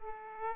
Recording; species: mosquito wingbeat signal from an infrared sensor; Aedes aegypti